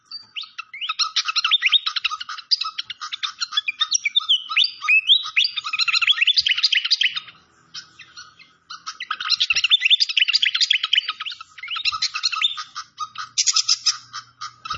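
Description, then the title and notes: Malaysian pied fantail song: dense, rapid chirps and squeaky slurred whistles between high and mid pitch, pouring out in long bursts with a brief pause near eight seconds. Clear-voiced song on a masteran (training recording) for cage birds. "Masteran Sikatan Kipas Suara Jernih Dan Suara Gemericik Air. Suara Burung Sikatan Londo"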